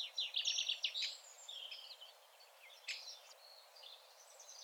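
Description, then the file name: Eurasian wren song that opens with a loud, fast, even trill of high notes, then fades into softer scattered twitters. "Troglodytes troglodytes"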